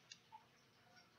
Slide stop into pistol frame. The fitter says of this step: pops right in let go the slide function